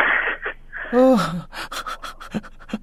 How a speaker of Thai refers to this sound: น้องหายใจตลอดเวลาแล้วน้องแบบหายใจเข้าหายใจออกแรงๆตลอดเวลาแล้วน้องกลัว กลัวมากครับ